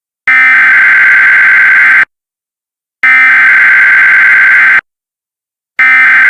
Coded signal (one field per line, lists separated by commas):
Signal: Emergency Alert System (SAME) tones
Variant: header bursts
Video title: Ultimate || EAS Scenario || VALID TONES